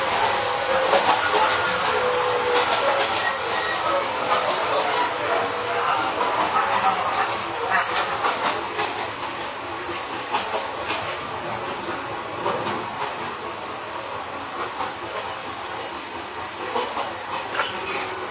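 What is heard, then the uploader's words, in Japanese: Interior sound of an Izuhakone Railway 3000 series steel-bodied train running between Shuzenji and Mishima. A steady, dense rumble and rattle fills the whole clip, with frequent clicks and knocks from the wheels and a faint murmur of voices underneath. 伊豆箱根鉄道3000系(鋼製車) 修善寺〜三島。車体は20ｍ級3扉車。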